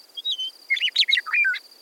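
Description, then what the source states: Meadowlark song: clear whistled opening notes, then a quick jumble of gurgling, warbled phrases sliding up and down, over a steady high-pitched hum. Grassland bird of the Intermountain West; important in the creation story of the Nimiipuu (Nez Perce) people.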